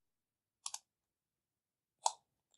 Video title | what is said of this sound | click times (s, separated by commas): Lego Golden Dragon Master - 70644 Build and Review - Ninjago 2018 | supposed to hear two clicks yeah | 0.7 s, 2.1 s